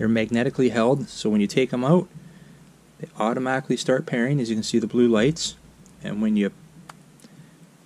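Someone talks as wireless earbuds are put back into their aluminium charging base, where magnets pull them into their slots. Two short ticks at 6.9 s and 7.2 s mark the two buds snapping home, seated and held magnetically, with a red charging light on.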